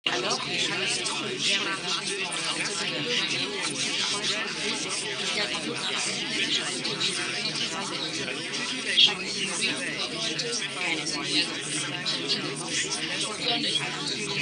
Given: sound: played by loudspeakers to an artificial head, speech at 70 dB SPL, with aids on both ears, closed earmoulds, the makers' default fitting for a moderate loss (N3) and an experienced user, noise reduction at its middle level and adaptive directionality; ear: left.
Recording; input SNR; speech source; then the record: speech test signal (ISTS) in cocktail-party noise; -6 dB; on the right (90 degrees)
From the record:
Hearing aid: class 2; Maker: A